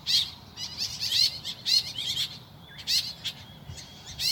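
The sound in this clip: Woodswallow calls: grating, buzzy chirps repeated quickly and unevenly, with a short lull midway.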